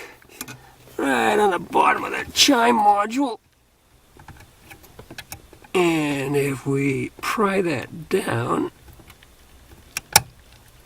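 Someone talks while the small plastic lock tab on the bottom of a door chime module, held on its mounting bracket under the dash, is pried down. Sharp clicks sound at 10.0 s and 10.2 s as the tab clicks open. The module releases from its mount and is loose.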